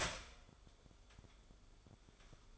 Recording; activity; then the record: daily activity, microphone in the room; start toaster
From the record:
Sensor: 5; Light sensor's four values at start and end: 14/34/13/12 and 14/34/13/12